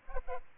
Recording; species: mosquito wingbeat signal from an infrared sensor; Aedes aegypti